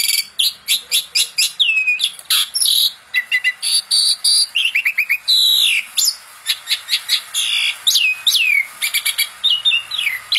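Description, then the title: Asian pied starling singing a dense, varied medley of ringing whistles, descending slurs and scratchy chatter, delivered almost without pause. "Masteran Jalak Suren"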